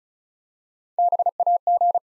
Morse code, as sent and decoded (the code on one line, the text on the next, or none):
-... .- --.
BAG